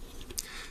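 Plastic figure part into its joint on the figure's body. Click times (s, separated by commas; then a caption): 0.4 s. While transforming a plastic TAOE Deluxe Class Strafe action figure, a part is pushed back into its joint on the figure's body. After faint handling ticks around 0.2 and 0.3 seconds, a sharp click at 0.4 seconds marks the part seating in place.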